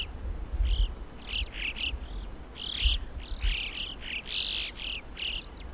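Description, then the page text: Alpine chough calls: a dense run of bright, arched whistles, almost continuous, with a low rumble beneath. "Christian Brinkman - Альпийская галка (Pyrrhocorax graculus)"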